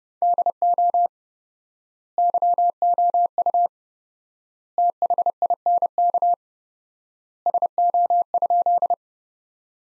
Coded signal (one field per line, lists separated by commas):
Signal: Morse code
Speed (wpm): 30 wpm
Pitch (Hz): 700 Hz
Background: none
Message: DO YOU THINK SO?